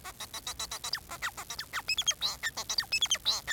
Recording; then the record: song of a male Bengalese finch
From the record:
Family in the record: son of father 4